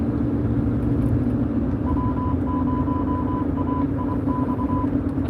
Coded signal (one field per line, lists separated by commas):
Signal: Morse code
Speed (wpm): 24 wpm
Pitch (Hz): 1000 Hz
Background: none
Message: W0AIX